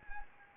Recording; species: mosquito wingbeat signal from an infrared sensor; Anopheles arabiensis